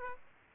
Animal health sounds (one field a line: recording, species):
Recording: mosquito wingbeat signal from an infrared sensor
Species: Aedes aegypti